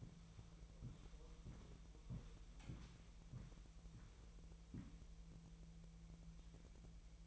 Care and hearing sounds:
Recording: daily activity, microphone in the room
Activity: walk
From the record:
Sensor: 1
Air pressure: 1002.1 hPa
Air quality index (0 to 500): 237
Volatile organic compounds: 94 ppm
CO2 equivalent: 3715 ppm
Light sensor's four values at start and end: 8/18/7/9 and 8/19/8/9

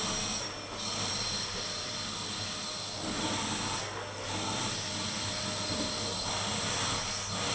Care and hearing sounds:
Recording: daily activity, microphone in the room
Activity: vacuum cleaning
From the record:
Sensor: 4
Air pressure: 992.6 hPa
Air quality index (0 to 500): 146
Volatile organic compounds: 94 ppm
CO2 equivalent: 3712 ppm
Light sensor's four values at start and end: 17/60/22/23 and 17/60/22/22

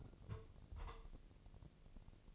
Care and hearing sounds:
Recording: daily activity, microphone in the room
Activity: take from stove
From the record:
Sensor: 4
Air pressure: 1000.3 hPa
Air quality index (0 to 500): 216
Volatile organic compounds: 23 ppm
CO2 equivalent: 2792 ppm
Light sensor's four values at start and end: 9/20/8/7 and 9/20/8/7

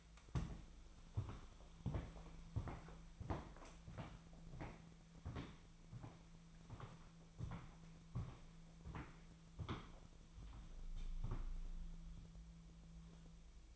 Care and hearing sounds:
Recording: daily activity, microphone in the room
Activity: walk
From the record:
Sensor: 1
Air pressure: 1008.3 hPa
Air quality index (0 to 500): 190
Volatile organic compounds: 17 ppm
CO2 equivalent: 2579 ppm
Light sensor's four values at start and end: 17/43/17/20 and 17/42/17/20

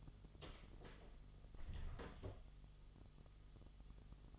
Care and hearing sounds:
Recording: daily activity, microphone in the room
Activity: close door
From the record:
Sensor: 4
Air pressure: 1005.9 hPa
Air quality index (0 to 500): 77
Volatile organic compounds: 1 ppm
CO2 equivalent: 945 ppm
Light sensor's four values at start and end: 13/30/12/11 and 13/30/12/11

